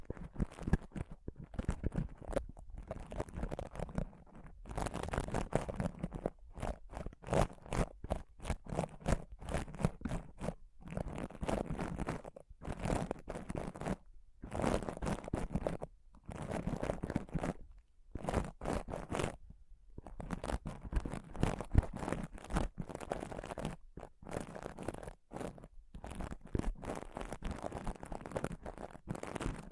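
Intense scratching and touching on a microphone: dense, crackly rubbing runs in bursts of a few seconds, full of quick scrapes and crunches from low thumps to bright hiss. Short silent breaks cut in irregularly, about every two to four seconds.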